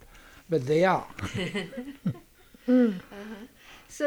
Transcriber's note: they laugh